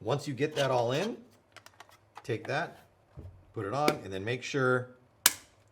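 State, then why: Seated. Someone talks while fitting the end cap onto a paintball marker magazine body after stacking first-strike rounds and the spring inside, with a few faint small clicks around 1.5–2.2 s. The cap is pushed on and snaps into place with a single sharp snap at 5.3 s, seated so the spring and rounds won't fly out.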